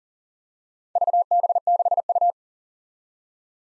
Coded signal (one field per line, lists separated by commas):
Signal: Morse code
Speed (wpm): 40 wpm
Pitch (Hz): 700 Hz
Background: none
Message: VB6U